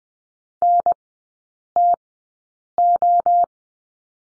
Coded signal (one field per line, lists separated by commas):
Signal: Morse code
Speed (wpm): 20 wpm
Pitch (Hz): 700 Hz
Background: none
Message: NTO